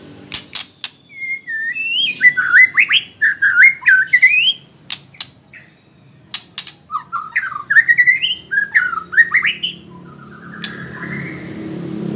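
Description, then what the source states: White-rumped shama song: rich varied whistled phrases rising and falling, mixed with sharp clicks and chattering notes, in bursts with brief pauses. Female.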